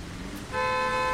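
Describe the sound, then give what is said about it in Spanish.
A car horn outside suddenly blares and holds, a loud, steady, buzzing tone that begins partway through and continues unbroken to the end over a low rumble of background noise. “Alguien tocaba la maldita bocina del auto. Unos bocinazos espantosos, persistentes.”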